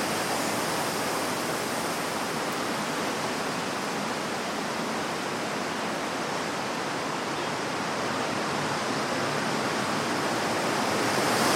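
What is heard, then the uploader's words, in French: A winter storm roars in a dense, unbroken rush, like heavy wind and pouring water blended into one continuous hiss. The sound fills everything from a low rumble to a bright sizzle, holding steady before swelling slightly louder in the final second. Tempête hivernale.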